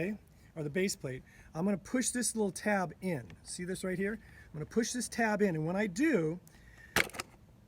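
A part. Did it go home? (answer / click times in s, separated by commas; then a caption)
released / 7.0 s. Someone talks while pressing the small plastic release tab on the baseplate of a Baracuda G3 or G2 pool vacuum. A sharp click sounds at 7.0 s, with a fainter one just after, as the tab gives and the piece moves free.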